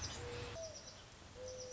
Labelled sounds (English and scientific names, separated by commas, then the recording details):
Mourning Dove (Zenaida macroura)
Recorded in Sonoma County, California